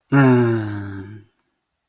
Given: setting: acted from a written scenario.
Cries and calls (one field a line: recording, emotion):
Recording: vocal sound without words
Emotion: relief